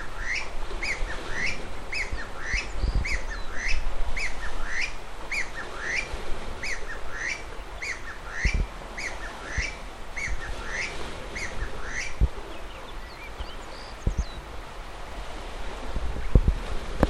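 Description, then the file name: Chinese bamboo partridge calling, a series of rising whistled notes in quick succession, fading toward the end, with occasional low knocks beneath. "kojyukei"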